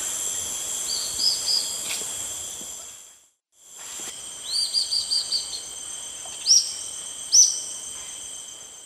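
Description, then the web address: Yellow-olive flycatcher giving short series of thin, buzzy high notes, then two sharp single chips, over steady insect whining. Calls; eastern lowlands of South America. "Natures Songs S America Eastern Lowlands. Tolmomyias viridiceps, calls"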